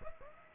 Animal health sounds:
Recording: mosquito wingbeat signal from an infrared sensor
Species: Aedes aegypti

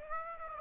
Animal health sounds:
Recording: mosquito wingbeat signal from an infrared sensor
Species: Aedes aegypti

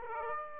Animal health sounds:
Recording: mosquito wingbeat signal from an infrared sensor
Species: Aedes aegypti

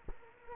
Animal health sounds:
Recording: mosquito wingbeat signal from an infrared sensor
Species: Culex quinquefasciatus

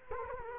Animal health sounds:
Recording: mosquito wingbeat signal from an infrared sensor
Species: Culex quinquefasciatus

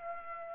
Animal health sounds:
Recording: mosquito wingbeat signal from an infrared sensor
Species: Aedes aegypti

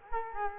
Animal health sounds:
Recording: mosquito wingbeat signal from an infrared sensor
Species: Culex quinquefasciatus

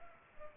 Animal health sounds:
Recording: mosquito wingbeat signal from an infrared sensor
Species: Culex pipiens

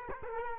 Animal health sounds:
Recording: mosquito wingbeat signal from an infrared sensor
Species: Culex quinquefasciatus

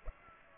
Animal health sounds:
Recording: mosquito wingbeat signal from an infrared sensor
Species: Aedes aegypti

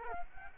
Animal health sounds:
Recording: mosquito wingbeat signal from an infrared sensor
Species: Culex quinquefasciatus

